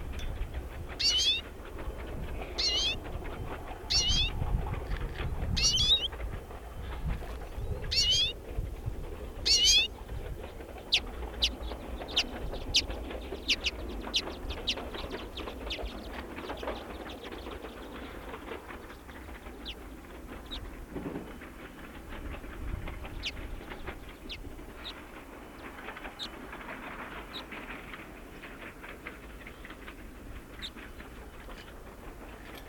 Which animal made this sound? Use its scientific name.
Carduelis flammea